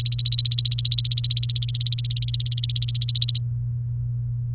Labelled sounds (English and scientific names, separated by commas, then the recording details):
Domestic Canary (Serinus canaria) song
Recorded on 29 April 2018 at 09:45
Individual llb3